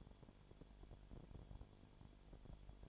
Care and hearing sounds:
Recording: daily activity, microphone in the room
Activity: no activity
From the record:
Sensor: 5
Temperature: 19.9 degrees Celsius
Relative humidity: 37.1%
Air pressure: 1007.4 hPa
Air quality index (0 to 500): 84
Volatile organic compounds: 1 ppm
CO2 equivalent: 962 ppm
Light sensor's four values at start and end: 2/3/1/1 and 2/3/1/1

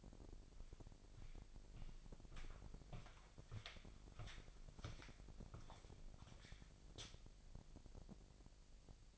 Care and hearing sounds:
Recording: daily activity, microphone in the room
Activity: walk to room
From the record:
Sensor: 5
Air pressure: 1002.1 hPa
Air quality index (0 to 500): 249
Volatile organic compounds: 7 ppm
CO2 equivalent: 2019 ppm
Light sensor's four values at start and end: 33/79/32/33 and 33/76/32/33

